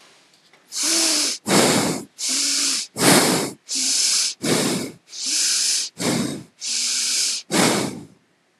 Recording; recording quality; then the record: shallow breathing; excellent, no background noise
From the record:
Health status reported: healthy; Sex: female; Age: 32 years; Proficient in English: yes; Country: India